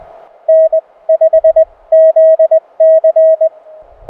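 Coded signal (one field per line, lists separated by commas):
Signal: Morse code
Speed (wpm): 20 wpm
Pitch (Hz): 640 Hz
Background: radio noise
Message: N5ZC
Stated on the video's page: SOTA activation of a summit never activated before.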